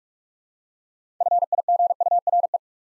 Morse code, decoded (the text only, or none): FIGURE